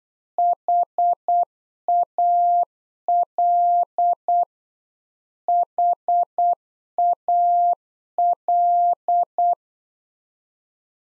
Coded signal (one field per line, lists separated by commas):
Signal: Morse code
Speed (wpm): 8 wpm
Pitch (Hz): 700 Hz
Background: none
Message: HAL HAL